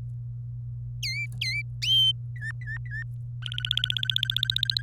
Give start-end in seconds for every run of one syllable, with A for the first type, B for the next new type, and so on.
1.03-1.62 A, 1.82-2.11 B, 2.35-3.03 C, 3.42-4.81 D